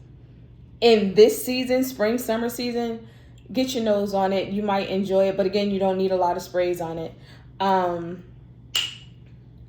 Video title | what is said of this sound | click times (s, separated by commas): Spring Fragrances you NEED to try | ooh, you heard that click. I love that. | 8.8 s